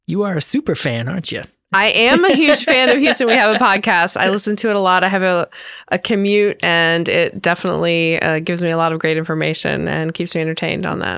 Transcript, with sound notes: You are a superfan, aren’t you? [Laughter]
I am a huge fan of Houston We Have a Podcast. I listen to it a lot. I have a, a commute and it definitely gives me a lot of great information and keeps me entertained on that.